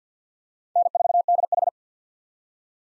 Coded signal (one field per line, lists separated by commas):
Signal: Morse code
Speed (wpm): 50 wpm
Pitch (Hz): 700 Hz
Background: none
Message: N4DH